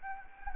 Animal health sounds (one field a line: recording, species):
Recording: mosquito wingbeat signal from an infrared sensor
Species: Anopheles gambiae